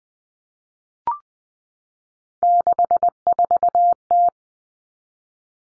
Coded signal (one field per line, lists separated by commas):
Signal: Morse code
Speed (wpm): 20 wpm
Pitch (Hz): 700 Hz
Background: none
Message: 64T